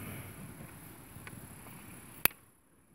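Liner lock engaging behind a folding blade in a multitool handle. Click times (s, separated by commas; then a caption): 2.2 s. The blade of a genuine Victorinox Rescue Tool multitool is opened, and the metal liner lock springs behind it with one sharp, bright click at 2.3 s, after a faint tick at 1.3 s over a low, steady background. The liner lock engages and the blade is seated.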